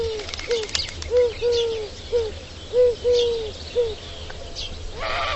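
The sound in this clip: Bird calling with low, soft hooting notes that arch up and down, given in short pairs and singles about every second.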